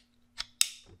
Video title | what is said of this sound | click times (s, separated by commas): Belfone BF 7110 Radio Unboxing and Review | then clicks into place | 0.6 s